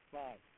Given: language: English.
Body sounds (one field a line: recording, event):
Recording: throat vibration sensor signal played as sound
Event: speech